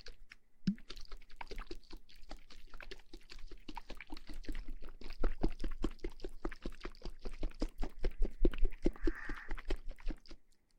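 A water bottle is shaken in a fast, regular rhythm of sloshing pulses, with a steady low rumble underneath and a brief brighter swirl near nine seconds.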